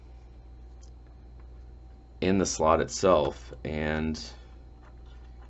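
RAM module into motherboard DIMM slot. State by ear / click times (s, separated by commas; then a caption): not seated / none. A memory module is lined up with the key channels of a motherboard DIMM slot before being pushed in, with a few faint handling ticks near 0.8, 1.1 and 1.4 seconds. Someone talks from about 2.2 to 4.2 seconds over a low steady hum. The stick is only positioned, and nothing has seated or clicked yet.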